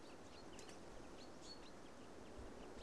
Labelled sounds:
Common Chaffinch (Fringilla coelebs)
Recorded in Germany
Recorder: ecoPi

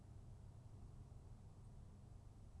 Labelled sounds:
Song Thrush (Turdus philomelos)
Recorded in Germany
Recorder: ecoPi

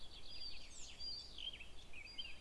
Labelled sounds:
Eurasian Blackcap (Sylvia atricapilla)
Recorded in Germany
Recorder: ecoPi

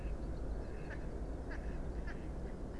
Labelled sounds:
Mallard (Anas platyrhynchos)
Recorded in Germany
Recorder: ecoPi

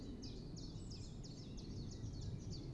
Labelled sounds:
Common Chiffchaff (Phylloscopus collybita)
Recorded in Germany
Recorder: ecoPi

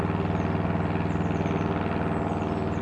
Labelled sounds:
Eurasian Blue Tit (Cyanistes caeruleus)
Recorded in Germany
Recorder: ecoPi

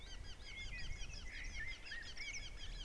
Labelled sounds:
Common Blackbird (Turdus merula)
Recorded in Germany
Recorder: ecoPi

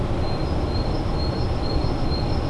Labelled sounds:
Great Tit (Parus major)
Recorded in Germany
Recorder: ecoPi

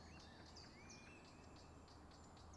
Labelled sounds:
Eurasian Blackcap (Sylvia atricapilla)
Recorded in Germany
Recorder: ecoPi

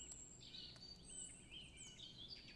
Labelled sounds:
Song Thrush (Turdus philomelos)
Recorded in Germany
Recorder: ecoPi

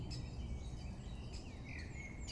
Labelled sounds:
Great Spotted Woodpecker (Dendrocopos major)
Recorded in Germany
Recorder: ecoPi

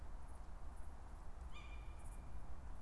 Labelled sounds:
Tawny Owl (Strix aluco)
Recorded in Germany
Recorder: ecoPi

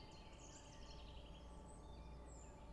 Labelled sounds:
Common Chiffchaff (Phylloscopus collybita)
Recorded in Germany
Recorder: ecoPi

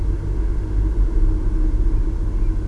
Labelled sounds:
Tawny Owl (Strix aluco)
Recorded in Germany
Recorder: ecoPi

